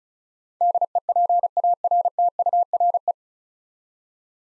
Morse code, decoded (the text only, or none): DEPARTURE